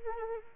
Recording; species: mosquito wingbeat signal from an infrared sensor; Anopheles arabiensis